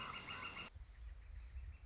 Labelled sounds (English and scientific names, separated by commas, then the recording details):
Northern Flicker (Colaptes auratus)
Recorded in Sonoma County, California